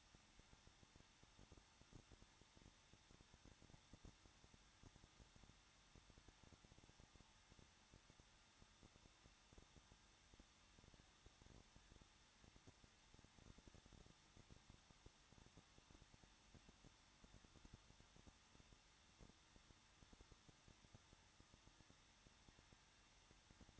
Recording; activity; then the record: daily activity, microphone in the room; no activity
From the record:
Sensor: 3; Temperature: 21.2 degrees Celsius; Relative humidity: 36.4%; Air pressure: 1006.4 hPa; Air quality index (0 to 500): 223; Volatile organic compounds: 42 ppm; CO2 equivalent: 3184 ppm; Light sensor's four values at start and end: 2/3/2/2 and 2/3/2/2